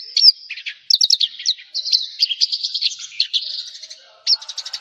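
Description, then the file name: Javan bush lark song of high whistles and quick chirping notes in an unbroken varied flow, closing with a short fast trill. "suara burung branjangan jawa"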